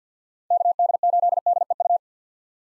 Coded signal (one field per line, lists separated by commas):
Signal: Morse code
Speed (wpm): 50 wpm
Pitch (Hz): 700 Hz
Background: none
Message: KD8DEU